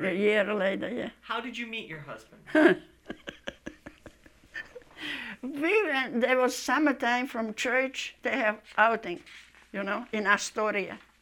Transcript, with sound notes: A year later.
How did you meet your husband?
(laughs merrily) We went, it was summertime from church they have outings you know, in Astoria.